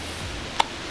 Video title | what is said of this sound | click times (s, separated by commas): How to Change YOUR Oil **Holden Commodore** | click in like that there we go | 0.6 s